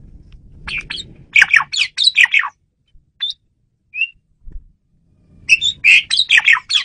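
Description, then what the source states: Asian pied starling calling in bursts of harsh, chattering notes, two loud clusters separated by a quiet gap with a few isolated chirps. Female bird used as a lure (pemikat) bird.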